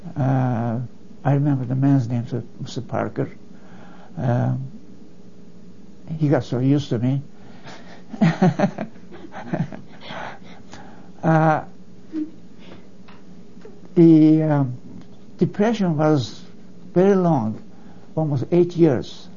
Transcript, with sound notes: I remember the man's name Parker. He got so used to me. (everyone laughs) Ah, the depression was very long -- almost eight years.